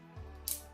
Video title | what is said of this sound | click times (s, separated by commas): Omnipod & Dexcom G6 site change! | The front goes first, and then the circle in the back, and you push it down and wait for the clicks. | 0.5 s